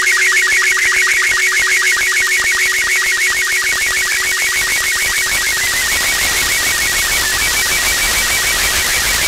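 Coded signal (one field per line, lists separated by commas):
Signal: SSTV (slow-scan television)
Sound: warbling tones in 1.5-2.3 kHz, rapidly repeating, with regular short low sync blips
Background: low hum and clicks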